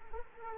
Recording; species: mosquito wingbeat signal from an infrared sensor; Culex quinquefasciatus